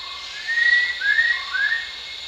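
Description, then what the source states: Rufous-tailed shama whistles: a low note, then three clear sliding whistles climbing and dipping in quick succession, with a second low note before the last, against a steady wash of insects. Recorded at Danum on 1 January 2008.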